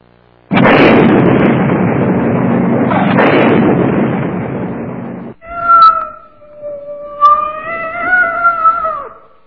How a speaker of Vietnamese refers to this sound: Một tiếng meo dài thảm thiết vang lên, cùng một chú mèo bị hất tung lên như một tên lửa chói sáng, rồi lại rơi vào hố tro tàn.